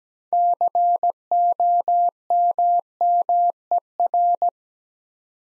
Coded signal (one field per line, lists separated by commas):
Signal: Morse code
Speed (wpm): 17 wpm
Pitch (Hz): 700 Hz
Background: none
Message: COMMER